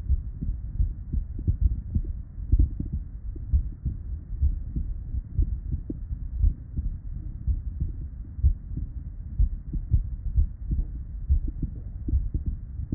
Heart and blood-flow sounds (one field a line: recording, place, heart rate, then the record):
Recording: heart sounds by stethoscope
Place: Erb's point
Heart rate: 63 bpm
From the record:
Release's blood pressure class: hypertension stage 1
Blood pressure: 143/88 mmHg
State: at rest